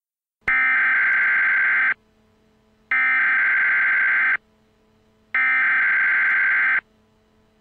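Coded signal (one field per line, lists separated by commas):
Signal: Emergency Alert System (SAME) tones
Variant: header bursts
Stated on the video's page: Mock EAS alert, a simulated scenario rather than a real activation.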